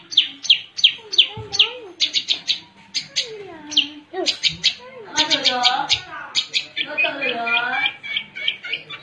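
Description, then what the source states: Long-tailed shrike song: high rapid notes repeated in short series, mixed with lower wavering whistled phrases that rise and fall. Combination song.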